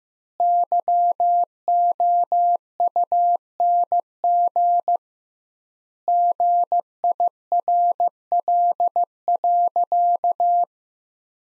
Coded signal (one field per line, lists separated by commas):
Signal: Morse code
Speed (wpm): 16 wpm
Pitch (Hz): 700 Hz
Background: none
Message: YOUNG GIRL.